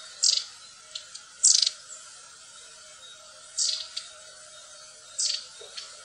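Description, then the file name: Long-tailed tit calls: short, dry, buzzy rasps given in ones or pairs roughly every one to two seconds over a faint steady hum. "stjertmeis"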